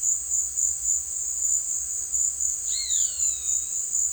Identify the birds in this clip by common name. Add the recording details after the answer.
Roadside Hawk. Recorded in secondary vegetation near Puerto Asís, Putumayo, Colombia, on 25 June 2025. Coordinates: 0.488, -76.319. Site G094